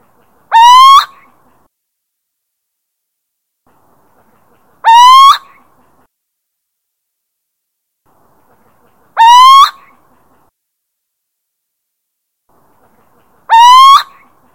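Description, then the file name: Little owl calling steadily, four rising mewing hoots spaced about every four seconds, each half a second long, with silence between. Territorial call, Drenthe, Netherlands. "Steenuil territorium Drenthe"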